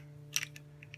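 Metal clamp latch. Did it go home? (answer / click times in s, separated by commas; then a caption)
yes / 0.4 s. A quick-release plate is set into the aluminum ball head clamp of an Albott 20-inch all-aluminum camera tripod and locks automatically. A sharp metallic click at 0.4 s marks the plate seating, followed by a few fainter clicks and taps over a steady low hum. The plate is locked in place.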